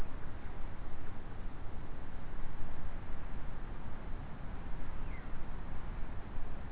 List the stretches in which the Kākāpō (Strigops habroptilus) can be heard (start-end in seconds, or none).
none